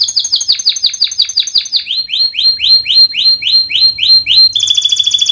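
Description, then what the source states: Canary song in quick series of high downslurred whistles, switching to a lower repeated phrase, then ending in a sustained rapid buzzy roll. Canary (kenari) in active full song ('gacor'), featuring prized melodic turns ('cengkok') and fill phrases ('isian'), from the Indonesian songbird hobby scene.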